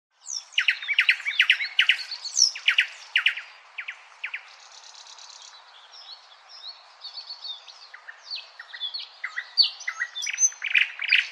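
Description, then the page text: Thrush nightingale song: loud hard clicking notes in fast bursts, a dry mechanical rattle midway, then varied chirps and sharp whistles building again. "Thrush Nightingale #song Nattergal Обыкновенный. knut the bird nerd"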